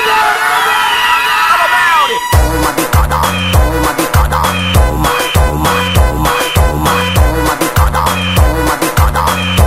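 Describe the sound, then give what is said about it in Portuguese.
A crowd at a live DJ party in Santa Maria de Benfica, May 2019, shouts and cheers loudly for a couple of seconds, then a thumping, steady dance beat kicks in and carries on at full volume. “Quem tá de folga amanhã, dá um grito. Quem vai amanhecer nessa porra, dá um grito.”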